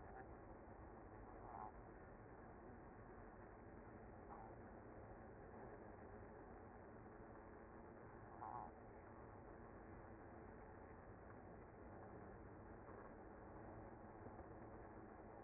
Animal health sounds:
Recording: honeybee colony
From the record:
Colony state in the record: active

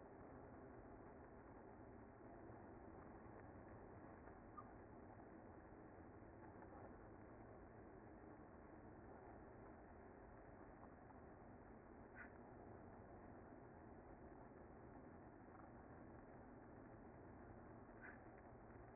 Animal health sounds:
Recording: honeybee colony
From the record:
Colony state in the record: active

